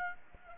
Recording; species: mosquito wingbeat signal from an infrared sensor; Aedes aegypti